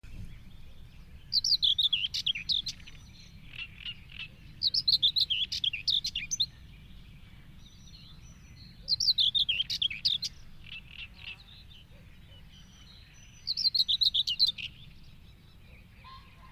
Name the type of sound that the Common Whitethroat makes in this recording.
song